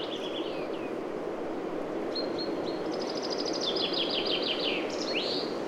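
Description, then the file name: Common chaffinch song: a short opening phrase, then a run of notes falling in pitch and closing with a quick upward flourish, with steady rushing noise behind. "Fringilla coelebs"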